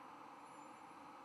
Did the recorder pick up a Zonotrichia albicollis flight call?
no